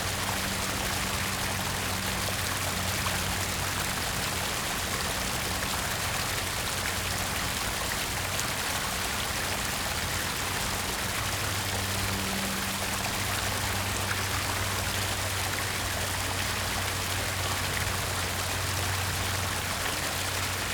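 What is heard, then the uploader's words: A fountain in a square splashes in a steady, dense rush of falling water that holds an even level throughout. Underneath, a low hum from an engine or traffic comes and goes, strongest in the middle and latter part. Fountain in the Square. Water and nature sounds.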